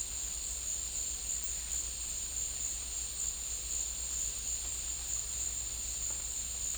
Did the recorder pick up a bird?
no